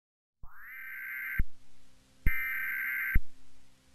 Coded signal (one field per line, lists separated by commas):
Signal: Emergency Alert System (SAME) tones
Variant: header bursts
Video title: The Creature (EAS Series)